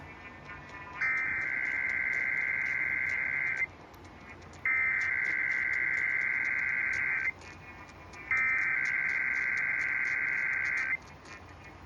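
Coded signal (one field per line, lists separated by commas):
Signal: Emergency Alert System (SAME) tones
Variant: header bursts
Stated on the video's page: EAS monsoon storm alerts, a Required Monthly Test, and a NOAA Weather Radio weekly test.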